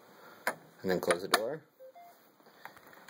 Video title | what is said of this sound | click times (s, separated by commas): Brother MFC-J825DW scan to pc | and to put it back in putting straight and then press it until it clicks and it'll lock into place | 0.5 s